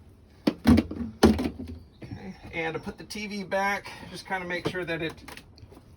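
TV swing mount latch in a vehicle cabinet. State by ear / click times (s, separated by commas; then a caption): not seated / none. A TV swing mount latch in a vehicle cabinet is handled as the TV is moved back toward its stowed position. Two sharp knocks land near the start, at about 0.5 s and 1.2 s, and then someone talks. Nothing has seated or clicked into place yet.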